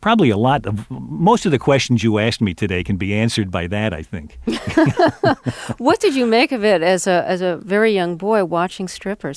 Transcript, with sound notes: Probably a lot of - most of the questions you ask me today can be answered by that, I think.
(LAUGHTER)
What did you make of it, as a very young boy, watching strippers?